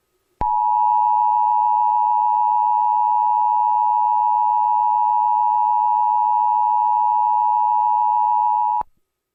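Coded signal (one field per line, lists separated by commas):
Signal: Emergency Alert System (SAME) tones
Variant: 853 and 960 Hz attention tone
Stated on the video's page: Self-made monthly EAS test, second of four run the same day.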